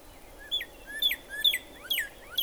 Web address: birdsongforthecurious Northern Cardinal